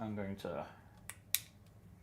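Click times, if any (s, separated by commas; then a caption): 1.3 s. Someone talks briefly, then a 3D-printed plastic solar panel part is pushed into its snap-fit socket on a sci-fi terrain wall piece. A faint tick at 1.1 s is followed by a sharp, bright click at 1.3 s as the panel seats, and the click shows the fit is right.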